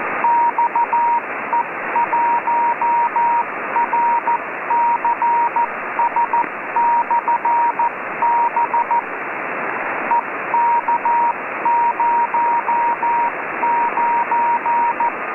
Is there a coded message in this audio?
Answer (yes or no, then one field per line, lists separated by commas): yes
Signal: Morse code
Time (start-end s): 0.2-15.1 s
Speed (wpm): 14 wpm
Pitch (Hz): 940 Hz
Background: radio noise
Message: XE1RCS/B EK09